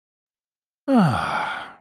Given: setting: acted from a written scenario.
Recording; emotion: vocal sound without words; ecstasy